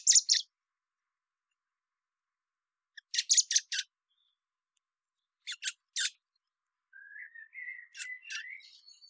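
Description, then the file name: Common blackbird sounding grouped harsh notes every few seconds, ending with a soft warbled phrase and high twitters. "Turdus merula"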